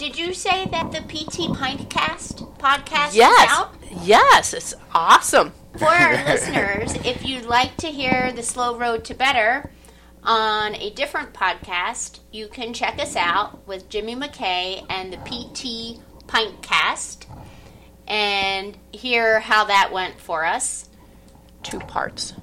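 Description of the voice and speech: Women talk in an indoor conversation at an easy, relaxed pace. There are brief pauses, a few stretched fillers and short back-and-forth replies. The voicing is clear, and no obvious speech breakdown is heard.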